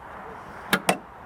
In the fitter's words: like so. See how it firmly clips in.